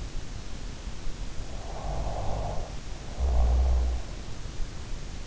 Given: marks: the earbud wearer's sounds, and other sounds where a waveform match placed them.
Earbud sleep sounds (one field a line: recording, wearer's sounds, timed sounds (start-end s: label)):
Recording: sounds in sleep by an in-ear microphone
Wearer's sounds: snoring breath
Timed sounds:
1.20-4.20 s: snoring breath